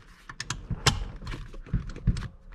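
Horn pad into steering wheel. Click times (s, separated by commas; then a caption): 0.9 s. A horn pad (airbag cover) is lined up on a Ford FG Falcon steering wheel and pushed firmly into place, with several sharp plastic-like ticks and knocks. The loudest click at 0.9 s is the pad seating, with further small knocks after it. No one talks.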